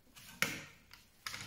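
A small screwdriver is inserted into the black plastic hook of a modular device on a DIN rail in a panel enclosure, then levered and pulled down. A sharp click at 0.4 s marks the module releasing off the rail. Fainter ticks and handling clatter follow.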